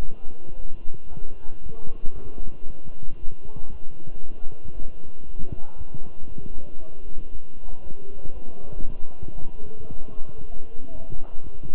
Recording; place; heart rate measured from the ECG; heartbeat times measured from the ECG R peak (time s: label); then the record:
heart sounds by stethoscope; between the tricuspid and mitral areas; 116 bpm
0.03 s: heartbeat
0.56 s: heartbeat
1.09 s: heartbeat
1.62 s: heartbeat
2.14 s: heartbeat
2.66 s: heartbeat
3.18 s: heartbeat
3.70 s: heartbeat
4.22 s: heartbeat
4.73 s: heartbeat
5.25 s: heartbeat
5.76 s: heartbeat
6.28 s: heartbeat
6.79 s: heartbeat
7.31 s: heartbeat
7.82 s: heartbeat
8.33 s: heartbeat
8.85 s: heartbeat
9.37 s: heartbeat
9.89 s: heartbeat
10.40 s: heartbeat
10.91 s: heartbeat
11.43 s: heartbeat
From the record:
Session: walking at 3.7 km/h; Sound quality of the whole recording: good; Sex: male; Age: 23 years